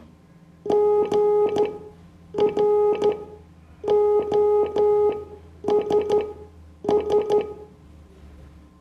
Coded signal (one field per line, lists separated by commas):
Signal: Morse code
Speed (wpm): 12 wpm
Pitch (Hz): 420 Hz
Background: none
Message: GROSS